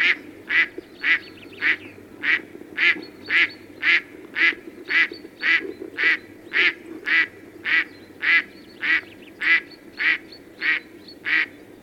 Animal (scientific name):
Anas platyrhynchos